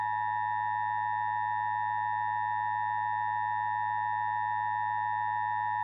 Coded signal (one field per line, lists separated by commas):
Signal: Emergency Alert System (SAME) tones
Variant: 853 and 960 Hz attention tone